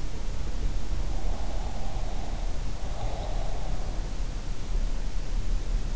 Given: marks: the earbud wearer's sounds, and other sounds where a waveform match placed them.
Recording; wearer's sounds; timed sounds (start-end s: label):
sounds in sleep by an in-ear microphone; breath
1.44-3.81 s: breath